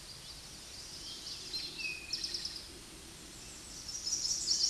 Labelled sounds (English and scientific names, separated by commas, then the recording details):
Eastern Towhee (Pipilo erythrophthalmus) song
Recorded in a Pennsylvania forest on 16 May 2024 at 08:26
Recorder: AudioMoth, point MSD-1360
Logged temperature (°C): 14.8 °C
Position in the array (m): 169 m, 190 m